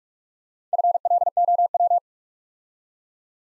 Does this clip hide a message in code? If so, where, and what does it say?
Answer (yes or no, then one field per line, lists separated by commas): yes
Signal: Morse code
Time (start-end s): 0.7-2.0 s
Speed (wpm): 44 wpm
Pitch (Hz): 700 Hz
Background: none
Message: FLOW